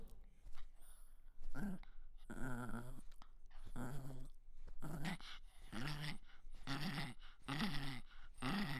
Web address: Toy Poodle Dog CU Growls and Sniffles